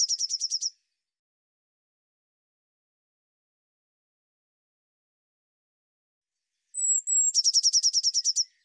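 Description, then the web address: Eurasian blue tit singing: a short trill opens, a long quiet gap follows, then two high, thin whistled notes run into a fast repeated trill. "cianscape birddata Deverinetal 2025 File cleaned normalized Bird Cy Ca"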